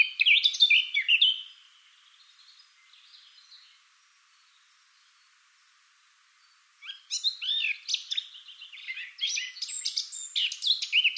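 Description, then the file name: Eurasian blackcap: a loud warbled phrase, a soft fading mutter, a few seconds of quiet, then an energetic run of fast chirping and fluty notes. "Sylvia atricapilla"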